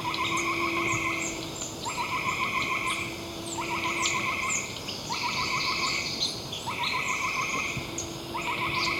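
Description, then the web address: Northern White-crowned Tapaculo song: short rapid trains of harsh, stuttering notes, repeated at short regular intervals, over a steady insect drone with high chirps from other callers. Ecuador. "Birds of Ecuador Northern White-Crowned Tapaculo"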